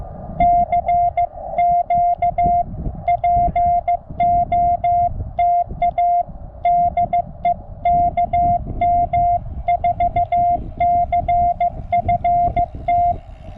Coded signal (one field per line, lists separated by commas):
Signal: Morse code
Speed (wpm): 15 wpm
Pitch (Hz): 700 Hz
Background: music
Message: CQ POTA DE KM4CFT